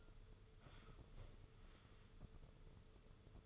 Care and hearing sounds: daily activity, microphone in the room; sit down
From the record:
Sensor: 4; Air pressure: 995.3 hPa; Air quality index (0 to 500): 217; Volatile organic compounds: 270 ppm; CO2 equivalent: 4410 ppm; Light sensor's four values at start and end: 19/49/19/23 and 19/50/19/23

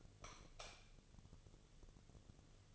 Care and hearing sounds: daily activity, microphone in the room; light off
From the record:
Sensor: 4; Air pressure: 1000.9 hPa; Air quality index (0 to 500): 124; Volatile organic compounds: 1 ppm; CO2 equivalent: 931 ppm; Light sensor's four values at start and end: 34/83/35/37 and 34/83/35/37

